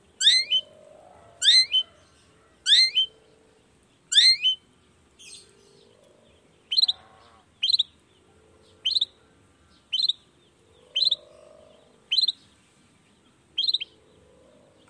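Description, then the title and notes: Long-tailed shrike calls: harsh multi-part notes early, then a steady series of sharp falling notes roughly once a second over a low hum. In the morning, with 'toet toet' song variations, meant to stimulate a reluctant shrike into singing. "Cendet Gacor Dor Di Kala Pagi Toet Toet Variasi Suara J. Cendet Gacor Di Pagi Hari Rangsangan Emosi Cendet Malas Bunyi Supaya Secepatnya Ikutan Bunyi. Burung cendet"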